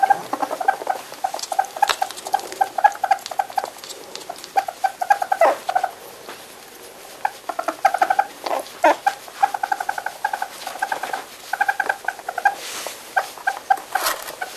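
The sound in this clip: European polecat chattering repeatedly in loud, rapid clucking bursts, nearly continuous throughout, with brief quieter gaps between runs.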